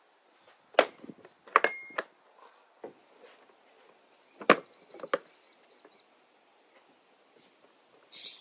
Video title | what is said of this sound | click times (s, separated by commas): Wind Noise on Jeep, Durango, Charger, Ram? DIY Windshield Cowling Replacement Guide years 2011-2024 | by pushing down firmly and they'll click in place | 0.8 s, 1.6 s, 4.5 s, 5.1 s